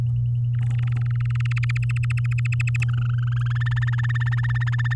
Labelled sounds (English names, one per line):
Domestic Canary song